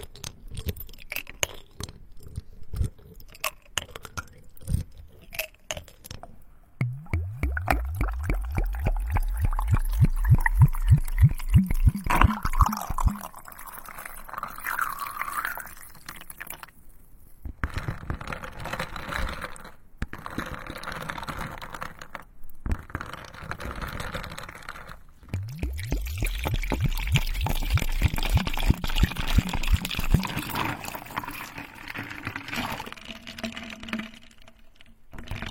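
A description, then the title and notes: Ice and water clatter and slosh, with rapid clicking rattles and glassy knocks through most of the clip. Two stronger bursts, around 7 to 13 seconds and again from 25 to 30, add deep gurgling pours beneath the bright tinkling, separated by brief quiet gaps. The soulful sensory spa experience of ice and water.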